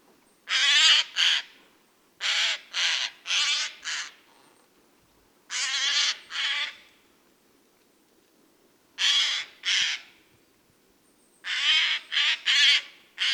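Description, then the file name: Eurasian jay screeching harshly in repeated short bursts of several rough, tearing calls, separated by quiet gaps. "Garrulus glandarius"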